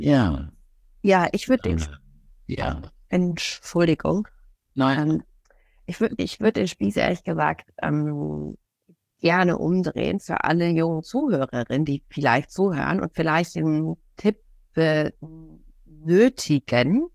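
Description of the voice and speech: Halting German speech from an adult woman who stutters, with frequent pauses, false starts and a whole-phrase repetition ("ich würde, ich würde"). There are prolonged filler sounds and a drawn-out "be-" before "benötigen", stuttering-type disfluencies such as repetitions, prolongations and blocks.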